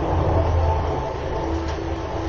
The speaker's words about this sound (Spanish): Una tremenda tormenta está cayendo en este momento aquí entre montañas, apretando ahora mucho más la lluvia.